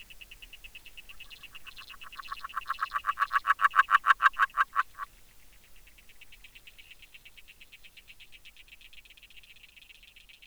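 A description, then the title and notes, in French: An agile frog calls with a rapid run of pulsed croaks from about two to five seconds, growing louder and peaking near four seconds before stopping abruptly. Underneath, insects keep up steady, fast, high-pitched ticking trills through the whole clip, continuing alone afterward. Réserve naturelle de la Plaine des Maures - Nagra LB - Hydrophone dpa 8011. Durant toute la nuit je laisse en "piège à son" mon hydrophone sur la partie la plus profonde (50cm). La présence intéressante d'une Grenouille agile (Rana dalmatina) et au moins de deux insectes bruiteurs non déterminés.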